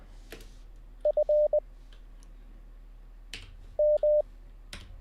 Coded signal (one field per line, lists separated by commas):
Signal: Morse code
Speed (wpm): 20 wpm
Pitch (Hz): 600 Hz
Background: none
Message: FM